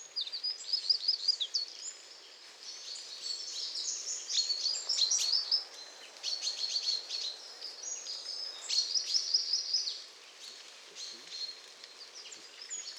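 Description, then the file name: Eurasian wren song, rapid bursts of high, tinkling notes and trills in several outpourings, each a second or two long, with soft background hiss between phrases. "Troglodytes troglodytes"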